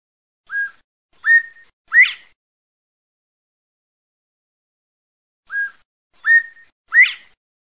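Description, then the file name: Partridge whistled call, three short notes, each a little higher and stronger, the phrase given twice about five seconds apart over silence. "PERDIZ"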